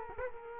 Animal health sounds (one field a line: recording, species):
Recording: mosquito wingbeat signal from an infrared sensor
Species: Culex quinquefasciatus